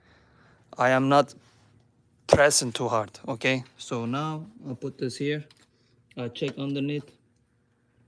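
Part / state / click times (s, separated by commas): part (likely connector or screen component) into iPad / not seated / none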